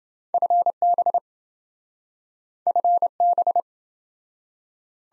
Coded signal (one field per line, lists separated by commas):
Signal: Morse code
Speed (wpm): 26 wpm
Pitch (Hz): 700 Hz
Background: none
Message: FB FB